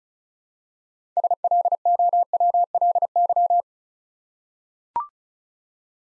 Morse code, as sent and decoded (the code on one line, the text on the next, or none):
... .-.. --- .-- .-.. -.--
SLOWLY